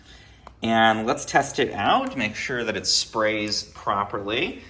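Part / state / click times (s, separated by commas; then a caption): solution refill bottle into spray mop holder / seated / 0.5 s. A refilled plastic solution bottle, holding a homemade solution, is pushed firmly into the holder of a Swiffer Power Mop spray mop, and a sharp, short click sounds at 0.5 s. The bottle seats in place, and then someone talks.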